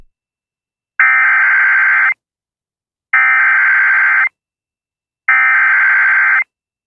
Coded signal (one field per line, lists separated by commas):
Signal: Emergency Alert System (SAME) tones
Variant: header bursts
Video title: EAS Tornado Warning WJON EAS#253